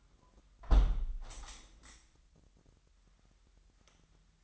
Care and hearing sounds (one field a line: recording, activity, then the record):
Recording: daily activity, microphone in the room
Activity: close window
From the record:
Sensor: 3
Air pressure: 997.9 hPa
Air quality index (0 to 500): 135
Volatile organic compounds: 4 ppm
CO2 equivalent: 1604 ppm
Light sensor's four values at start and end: 14/41/17/15 and 14/42/17/16